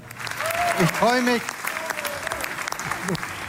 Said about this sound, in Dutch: Ook al is de voorsprong op de CDU-CSU heel klein, maar toch kreeg Scholz een daverend applaus.